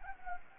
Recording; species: mosquito wingbeat signal from an infrared sensor; Anopheles gambiae